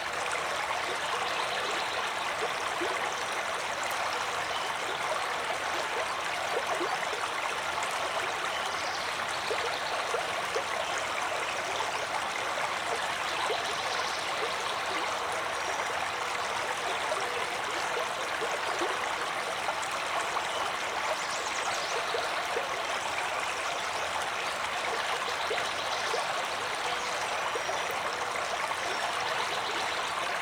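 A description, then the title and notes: A river runs through a forest in a steady, dense rush of water that holds an even level from start to finish. The sound is bright and hissing, with little low rumble, and faint brief chirps surface now and then above the flow. River Through The Forest. The river running through the forest.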